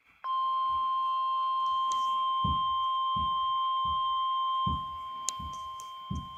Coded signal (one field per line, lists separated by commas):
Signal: Emergency Alert System (SAME) tones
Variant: 1050 Hz attention tone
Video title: EAS 47 - Severe Thunderstorm Warning Alabama